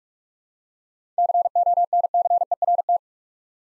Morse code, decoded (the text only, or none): CONCERT